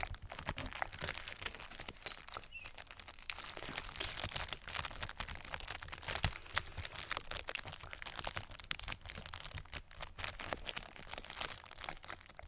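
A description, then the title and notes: Crinkling sounds run through the whole twelve seconds, a dense, restless crackle of many small sharp snaps, bright and papery. The texture stays busy without pause, swelling and thinning irregularly, with a few louder crisp bursts around six and ten seconds. Crinkles.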